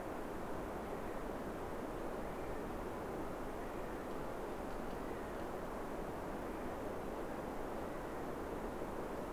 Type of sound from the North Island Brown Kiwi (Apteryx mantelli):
male call